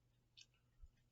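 The plastic arm of a transforming robot action figure is worked at its universal joint after failing to snap into place properly. A short, sharp tick comes at about 0.4 s and low thumps follow near 0.8 s and 1.2 s, but nothing has seated or clicked into place yet.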